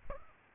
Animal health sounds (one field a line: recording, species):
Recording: mosquito wingbeat signal from an infrared sensor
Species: Aedes aegypti